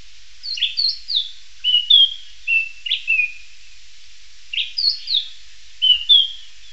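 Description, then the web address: Bird giving high, clear whistled notes in short slurred groups, some rising, some falling, over a steady background hiss. "BIRD 2015 SABIOD"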